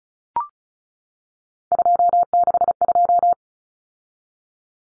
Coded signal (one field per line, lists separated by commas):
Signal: Morse code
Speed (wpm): 34 wpm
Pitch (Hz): 700 Hz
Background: none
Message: 262